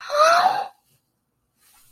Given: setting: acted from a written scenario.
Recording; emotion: vocal sound without words; elation